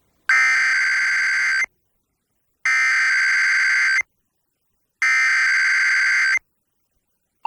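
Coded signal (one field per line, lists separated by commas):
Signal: Emergency Alert System (SAME) tones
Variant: header bursts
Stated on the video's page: Required Monthly Tests for an earthquake and tsunami drill, relayed by NOAA Weather Radio, cable and FM stations; weather radio audio recorded directly from a receiver.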